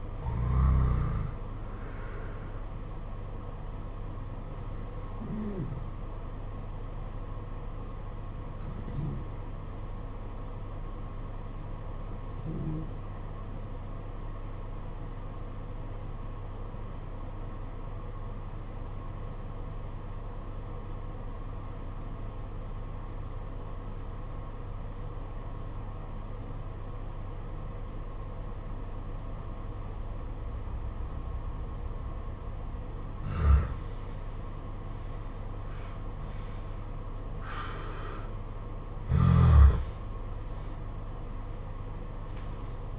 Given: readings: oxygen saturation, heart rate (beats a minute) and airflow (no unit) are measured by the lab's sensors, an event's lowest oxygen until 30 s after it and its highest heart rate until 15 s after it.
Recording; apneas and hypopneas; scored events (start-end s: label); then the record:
breathing in sleep by a smartphone at the bedside; 1
15.00-34.50 s: obstructive apnea (N2, oxygen 95% highest, then 82% lowest, heart rate 49 at the start, 71 highest)
From the record:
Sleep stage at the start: N2 (light sleep); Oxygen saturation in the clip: 86 to 95%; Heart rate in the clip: 48 to 65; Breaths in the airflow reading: 8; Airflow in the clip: -10.4 to 12.2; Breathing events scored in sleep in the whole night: 476 in 9.7 hours asleep